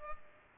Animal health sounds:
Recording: mosquito wingbeat signal from an infrared sensor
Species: Culex pipiens

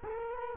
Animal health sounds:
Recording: mosquito wingbeat signal from an infrared sensor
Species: Culex quinquefasciatus

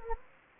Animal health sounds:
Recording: mosquito wingbeat signal from an infrared sensor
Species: Anopheles gambiae

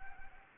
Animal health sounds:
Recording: mosquito wingbeat signal from an infrared sensor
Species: Anopheles gambiae

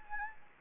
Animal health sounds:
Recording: mosquito wingbeat signal from an infrared sensor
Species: Anopheles gambiae

